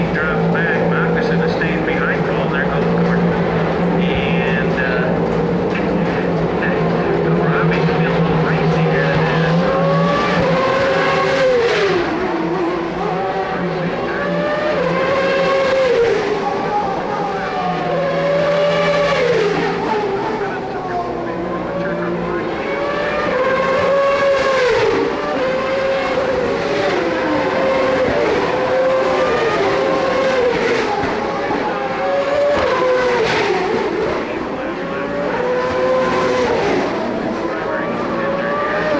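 Turbocharged V8 race cars roar past repeatedly, engine notes rising and falling every few seconds over a steady crowd-like murmur and occasional voices.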